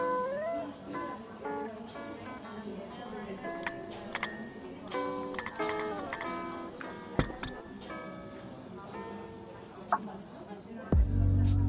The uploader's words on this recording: Coffee shop ambience | cozy cafe. เสียงบรรยากาศสบายๆ ในร้านกาแฟ.